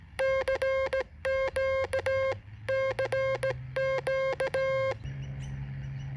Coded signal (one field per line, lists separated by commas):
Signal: Morse code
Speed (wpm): 16 wpm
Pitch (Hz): 530 Hz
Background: none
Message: CQ CQ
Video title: Fixed Frequency QRP CW: I learn an important lesson!